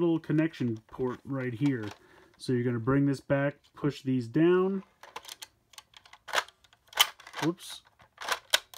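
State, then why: Seated. Someone talks while pushing the plastic connection cord of a Kamen Rider Zero-One DX Zero Two Driver Unit toy into its socket on the driver unit. Talking gives way to a run of small plastic handling clicks and taps, ending in a sharp click at 8.5 s as the cord seats and is connected.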